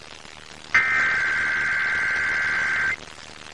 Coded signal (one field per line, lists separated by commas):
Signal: Emergency Alert System (SAME) tones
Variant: header bursts